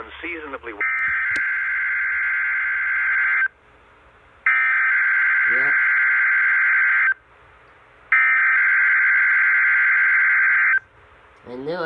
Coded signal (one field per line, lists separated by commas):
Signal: Emergency Alert System (SAME) tones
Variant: header bursts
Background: speech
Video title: Emergency alert system: nationwide tornado drill